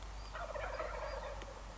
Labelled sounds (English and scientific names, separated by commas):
Wild Turkey (Meleagris gallopavo)